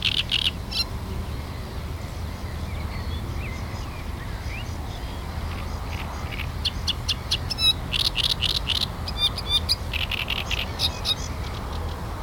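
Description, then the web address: Great reed warbler song: harsh, grating chattering bursts that grow denser in the second half, over a steady low rumble of background noise. Recorded on 23 June. "linnut rastaskerttunen 2306"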